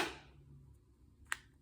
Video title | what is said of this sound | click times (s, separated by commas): New Speck Cases for iPhone 16 Pro Max! Presidio Perfect Clear, Presidio2 Pro, Presidio2 Grip | yeah so you can hear that little click lock right there so it's locked into place and is not going anywhere | 1.3 s